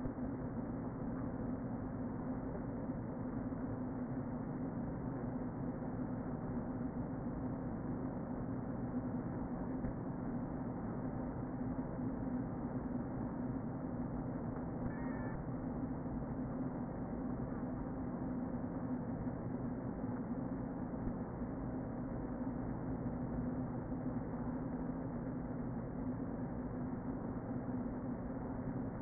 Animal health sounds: honeybee colony, microphone inside the hive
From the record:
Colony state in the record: queen present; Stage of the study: before two queens were removed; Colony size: about 60,000 bees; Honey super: yes

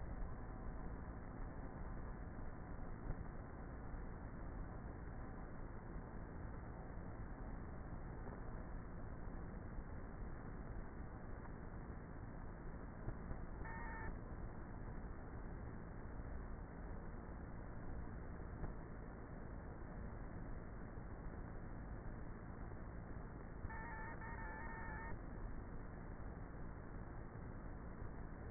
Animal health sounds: honeybee colony, microphone inside the hive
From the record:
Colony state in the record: queenless with a low population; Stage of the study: before two queens were removed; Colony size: about 30,000 bees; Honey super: no

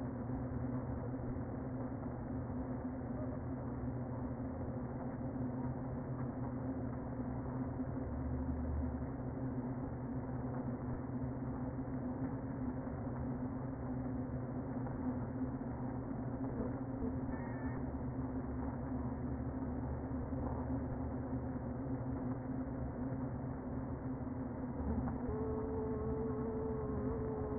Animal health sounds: honeybee colony, microphone inside the hive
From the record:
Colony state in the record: queen present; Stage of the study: before two queens were removed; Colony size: about 60,000 bees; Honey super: yes

